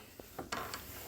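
A Phillips screwdriver is turned in an already-marred, stripped Phillips screw head. The tip gets no grip and cams out with short ratcheting scrapes at 0.4, 0.5 and 0.7 seconds, the middle one loudest. The slipping takes more material off the screw, and the screw stays stripped.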